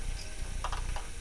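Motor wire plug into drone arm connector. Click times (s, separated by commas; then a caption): 0.6 s, 0.7 s. A motor wire plug is pushed back into its mating connector on the arm of a SYMA X8HG drone during a motor replacement, a plug-in connection that avoids soldering. Two small clicks sound at 0.6 s and 0.7 s over a steady background hiss. The plug seats in place.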